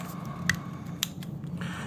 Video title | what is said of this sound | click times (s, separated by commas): How to connect your Cloud Retailer POS components | you'll hear it click | 1.0 s